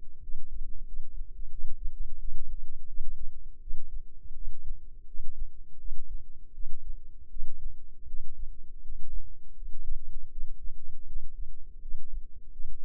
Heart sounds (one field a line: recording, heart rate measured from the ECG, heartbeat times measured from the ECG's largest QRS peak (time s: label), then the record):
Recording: heart sounds by microphone in the left ear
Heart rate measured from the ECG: 83 bpm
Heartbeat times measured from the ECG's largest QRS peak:
0.20 s: heartbeat
0.84 s: heartbeat
1.49 s: heartbeat
2.16 s: heartbeat
2.85 s: heartbeat
3.58 s: heartbeat
4.33 s: heartbeat
5.05 s: heartbeat
5.77 s: heartbeat
6.51 s: heartbeat
7.27 s: heartbeat
8.05 s: heartbeat
8.79 s: heartbeat
9.53 s: heartbeat
10.29 s: heartbeat
11.04 s: heartbeat
11.79 s: heartbeat
12.50 s: heartbeat
From the record:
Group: healthy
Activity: rest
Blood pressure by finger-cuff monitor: 116/75 mmHg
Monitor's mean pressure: 89 mmHg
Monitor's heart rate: 81 bpm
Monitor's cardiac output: 6.9 L/min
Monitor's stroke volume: 84 mL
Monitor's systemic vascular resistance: 950 dyn s/cm5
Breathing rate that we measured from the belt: 16 breaths a minute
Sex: female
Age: 22 years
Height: 160 cm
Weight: 45 kg